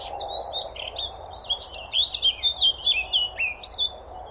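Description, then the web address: Eurasian blackcap song, a fast run of varied high chirps and short warbled notes over a steady low background hum. "SETE Sylvia atricapilla"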